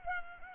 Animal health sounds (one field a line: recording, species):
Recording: mosquito wingbeat signal from an infrared sensor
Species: Culex pipiens